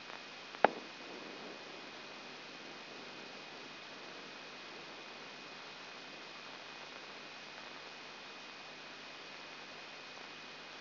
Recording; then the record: brain microelectrode recording played as sound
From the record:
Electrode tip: outside the subthalamic nucleus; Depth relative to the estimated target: 3 mm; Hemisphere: left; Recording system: AlphaMap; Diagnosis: Parkinson's disease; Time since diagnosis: 8 years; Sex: female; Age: 37 years